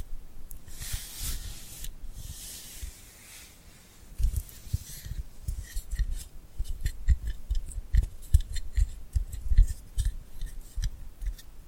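Tingly glued hand sounds: sticky peeling and crackling bursts in the first five seconds, then denser quick clicks and taps with low thumps.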